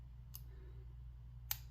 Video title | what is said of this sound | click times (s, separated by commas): My Entry for @TheCompGuy #Adam100 #multipick | 3, little click, | 1.5 s